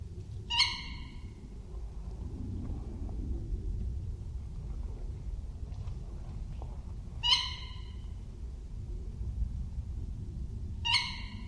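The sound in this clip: Tawny owl giving shrill, harsh contact notes, three in all at uneven intervals, with a constant low rumble behind.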